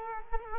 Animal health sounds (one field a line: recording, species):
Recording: mosquito wingbeat signal from an infrared sensor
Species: Culex quinquefasciatus